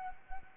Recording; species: mosquito wingbeat signal from an infrared sensor; Anopheles arabiensis